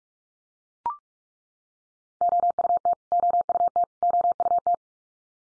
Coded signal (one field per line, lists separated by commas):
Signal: Morse code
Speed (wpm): 44 wpm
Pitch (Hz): 700 Hz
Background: none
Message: OUT OUT OUT